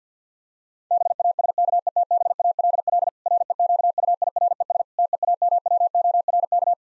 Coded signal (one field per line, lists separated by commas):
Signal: Morse code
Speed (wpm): 50 wpm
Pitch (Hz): 700 Hz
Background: none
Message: BASKETBALL REQUIRES TEAMWORK